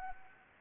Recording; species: mosquito wingbeat signal from an infrared sensor; Anopheles gambiae